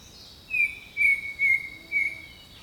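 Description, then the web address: Bird song of four evenly spaced whistled notes, the first a little higher, with a constant insect whine behind them. Jungle birdsong. "Echoes of Nature - Jungle Talk Jungle Birdsong"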